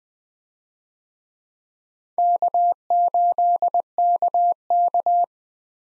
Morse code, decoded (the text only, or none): K8KK